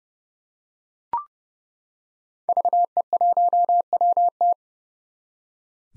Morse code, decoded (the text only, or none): VE1WT